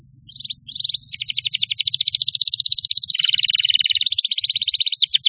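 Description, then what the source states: Canary song of fast, continuous buzzy trills changing pitch over a steady high thin tone, with a low hum underneath. Champion canary song used as a master recording for training other birds to sing.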